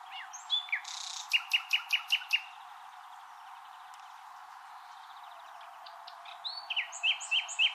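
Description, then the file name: Common nightingale song: a rapid run of loud repeated trilled notes, then a pause and another burst of varied whistles and short rattling notes. "Luscinia megarhynchos"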